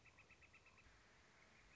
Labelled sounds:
Northern Flicker
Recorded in Sonoma County, California

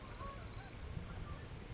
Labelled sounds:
Orange-crowned Warbler
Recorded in Sonoma County, California

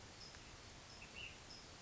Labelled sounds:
Ash-throated Flycatcher
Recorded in Sonoma County, California

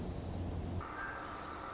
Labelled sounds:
Dark-eyed Junco
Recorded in Sonoma County, California

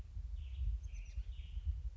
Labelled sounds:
American Robin
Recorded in Sonoma County, California

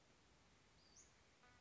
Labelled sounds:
Western Flycatcher
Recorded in Sonoma County, California

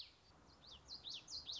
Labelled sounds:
Common Yellowthroat
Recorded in Sonoma County, California

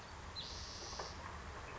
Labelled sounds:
Spotted Towhee
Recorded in Sonoma County, California

